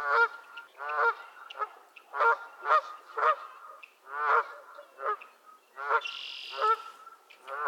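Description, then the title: Goose: several geese trading loud, nasal honks in a quick irregular series, with a brief high squeal partway through the clamour. Several geese squabbling at Miner's Marsh, Annapolis Valley, Nova Scotia. "Theraphonia - Geese at Miner's Marsh"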